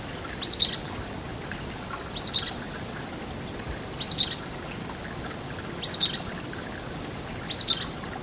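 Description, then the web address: Golden-crowned flycatcher call: a high, sharp, squeaky two-note phrase repeated five times, about every two seconds, against a constant high hum and soft hiss. Recorded in Ecuador. "Birds of Ecuador. Golden-crowned Flycatcher"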